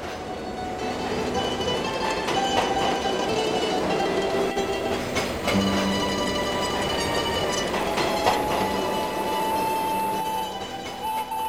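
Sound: train rolling on rails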